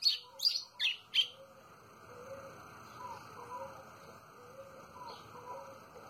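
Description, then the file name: White-throated seedeater phrase of a few quick, bright notes at the start, then faint birdsong and a steady background hum. "canto do golinho"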